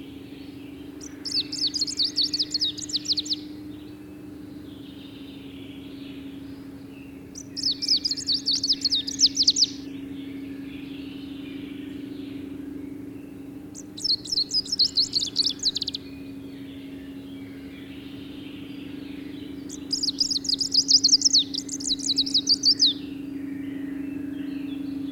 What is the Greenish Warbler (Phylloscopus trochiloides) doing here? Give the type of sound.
song